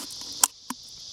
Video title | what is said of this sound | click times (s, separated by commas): HOW to Catch Crawdads with a Powerade bottle. Great SURVIVAL TOOL or just for fun | pop it's right in there | 0.4 s